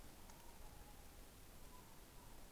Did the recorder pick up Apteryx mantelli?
no